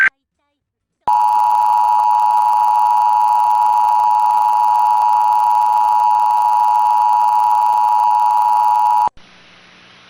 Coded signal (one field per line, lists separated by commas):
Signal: Emergency Alert System (SAME) tones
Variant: 853 and 960 Hz attention tone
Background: speech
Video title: Forgotten Tropical Storm Hilary FFWs (EAS #1279-1280) 8/20/23